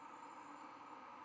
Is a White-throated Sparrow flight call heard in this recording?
no